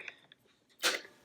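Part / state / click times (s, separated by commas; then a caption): coin-slot locking cover on a robot vacuum body / not seated / none. A coin is turned in the slot of a coin-slot locking cover on the body of a Kobot RV353 robotic vacuum, in the direction of the lock arrow. Faint ticks and scraping sounds give way to a louder, broadband rasp near the end. Nothing has seated or clicked yet; the clip ends just before the cover locks.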